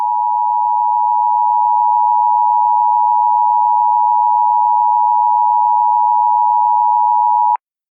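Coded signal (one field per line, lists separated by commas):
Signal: Emergency Alert System (SAME) tones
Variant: 853 and 960 Hz attention tone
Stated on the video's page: Entirely fictional EAS scenario.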